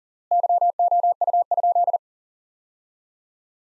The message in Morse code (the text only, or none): YOU?